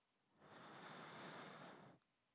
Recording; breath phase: one breath near a microphone; inhalation